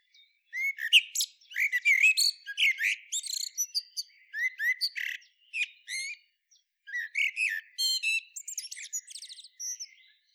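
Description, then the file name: Common blackbird singing a long, busy stream of high twittering and squeaky notes with short buzzy trills, with few pauses throughout. "Turdus merula"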